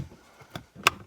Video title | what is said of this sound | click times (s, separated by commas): 2013 Lincoln MKZ - Cabin air filter replacement | And you hear the click here. | 0.9 s